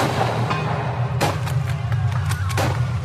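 A ragged volley of Mauser rifle gunfire, fired on command by a troop of marines against a workers' assembly in a hall: about half a dozen sharp, loud cracks in quick, irregular succession, sounding over a steady low rumbling drone.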